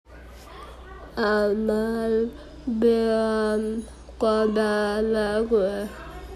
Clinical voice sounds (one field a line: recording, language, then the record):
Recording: elicited speech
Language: Bengali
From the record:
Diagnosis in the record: Broca's or global aphasia after a stroke